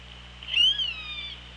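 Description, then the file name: Orca call, a single arched, harmonic squeal rising and then slowly dropping, with steady hiss and a low hum underneath. Recorded on the OrcaLab hydrophone, 24 August 2017 at 16:01. "Orca Lab UTLN JASON 20170824 160142"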